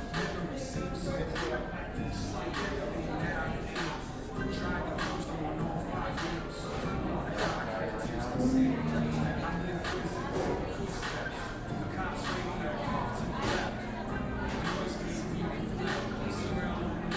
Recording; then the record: background sound without coughing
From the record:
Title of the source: 60 minutes of coffee shop sounds for study and concentration